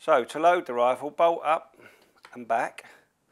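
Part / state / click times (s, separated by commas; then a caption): rifle bolt cocking into the trigger sear of a PCP air rifle / not seated / none. A man talks while handling the bolt of a pre-charged (PCP) air rifle, a Gamo Coyote or Phox, moving it up and back to cock it so the trigger sear catches. The clip ends before the bolt goes home, so nothing has seated or clicked yet.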